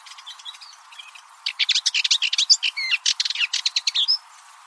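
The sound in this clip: Bird calls: soft scattered twitters, then a fast run of loud, sharp chirps repeated several times a second for about three seconds.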